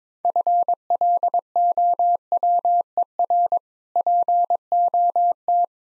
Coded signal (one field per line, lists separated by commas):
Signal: Morse code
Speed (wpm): 22 wpm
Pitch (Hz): 700 Hz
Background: none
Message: FLOWER POT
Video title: Easy Words - Speed-Racing with Hints - 17wpm